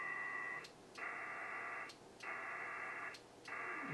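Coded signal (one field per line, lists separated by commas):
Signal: HF data modem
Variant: PACTOR III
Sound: rhythmic bursts of dense hissing data, about three per four seconds, brief pauses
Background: radio static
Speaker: we finally made a link and now we're going to go ahead and and send that message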